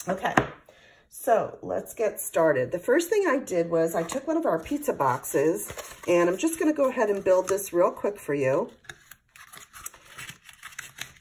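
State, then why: Not seated. Someone talks for most of the clip, then begins folding a paper craft pizza box, pushing its cardboard tabs toward their slots in the box with soft paper handling and a few short taps near the end. Nothing has seated or clicked yet.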